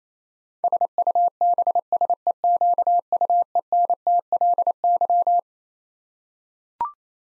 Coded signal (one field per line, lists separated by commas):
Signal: Morse code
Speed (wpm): 28 wpm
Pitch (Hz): 700 Hz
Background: none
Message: SUBSEQUENTLY